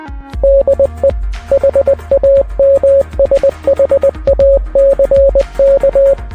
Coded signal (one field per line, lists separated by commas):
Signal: Morse code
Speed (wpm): 20 wpm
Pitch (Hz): 550 Hz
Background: music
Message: DE HAMSHACK